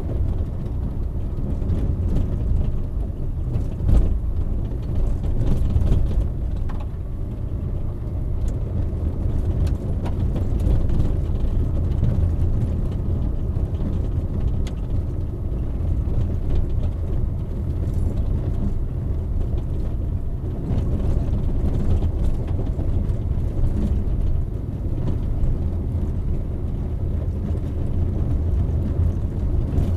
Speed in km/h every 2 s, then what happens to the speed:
30, 26, 24, 26, 29, 28, 28, 28, 30, 30, 30, 31, 31, 31, 30.
0-3 slows to 24. 3-30 steady at about 30.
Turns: none.